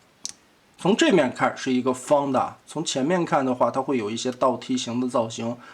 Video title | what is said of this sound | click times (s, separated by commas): 这尺寸压缩尽力了！变形金刚极小比例银河玩具社红蜘蛛惊天雷闹翻天玩具开箱 | Then the buckle between the legs is engaged. | 0.2 s